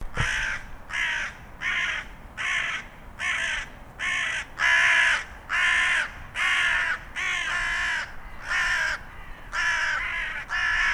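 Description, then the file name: Carrion crow cawing, a long series of many harsh, hoarse caws delivered roughly once a second, each note broad and rasping, with little else audible. "Corvus corone"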